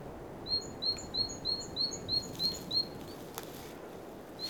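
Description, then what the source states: Bird giving a fast, even run of high, thin whistles about three per second, with fainter higher notes between, then a pause and one more note, amid soft rushing noise. Recorded at Oostduinen.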